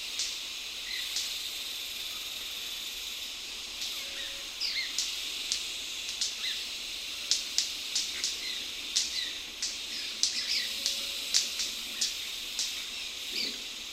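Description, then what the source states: White-bearded manakin giving crisp snaps, sparse at first, then more frequent and irregular, over a steady high hiss. Recorded on 31 October 2001.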